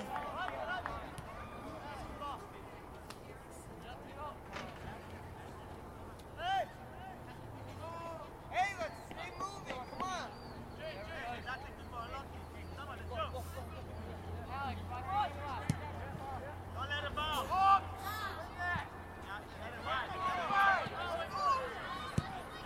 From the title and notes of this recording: Sweet Home High School, 1901 Sweet Home Rd. Soccer Game. This recording was taken at my high school; looking out onto the field from the bleachers.